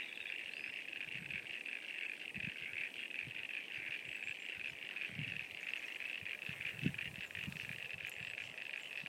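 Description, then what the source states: Frogs calling in a dense chorus, a steady shrill trilling wall with scattered low thumps underneath. At Sunny Corner.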